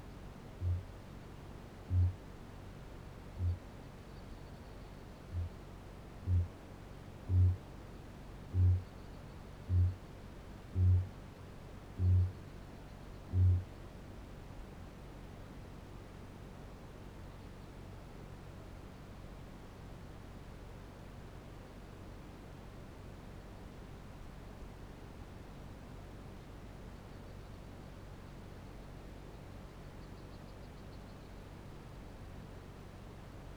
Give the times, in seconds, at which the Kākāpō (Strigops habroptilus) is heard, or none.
0.34-3.81, 5.35-5.60, 6.12-13.99